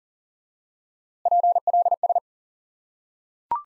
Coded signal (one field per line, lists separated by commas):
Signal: Morse code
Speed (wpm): 37 wpm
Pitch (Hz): 700 Hz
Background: none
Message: PLS